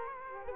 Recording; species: mosquito wingbeat signal from an infrared sensor; Culex quinquefasciatus